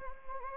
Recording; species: mosquito wingbeat signal from an infrared sensor; Anopheles gambiae